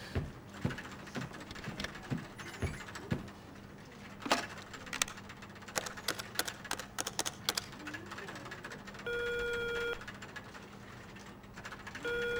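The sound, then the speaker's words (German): A telephone being used to place a call: a quick run of sharp clicks and taps like keys being pressed, then a steady, buzzing electronic tone for about a second, with another tone starting at the end. “Bring mir mal das Telefon.”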